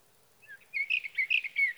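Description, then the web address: Sage thrasher singing a hurried, continuous warble of rising and falling slurred notes after a few quiet lead-in notes. "birdsongforthecurious Sage Thrasher"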